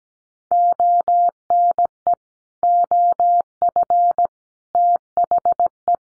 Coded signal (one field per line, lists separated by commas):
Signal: Morse code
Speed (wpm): 17 wpm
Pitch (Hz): 700 Hz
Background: none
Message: ONE OF THE